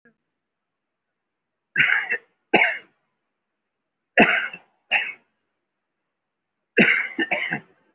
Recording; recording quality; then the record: shallow voluntary cough; excellent, no background noise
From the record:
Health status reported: respiratory illness, not identified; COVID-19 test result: not tested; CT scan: not taken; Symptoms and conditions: fatigue, another respiratory illness, another condition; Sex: male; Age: 65 years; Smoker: no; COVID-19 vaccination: none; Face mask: worn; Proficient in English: no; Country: India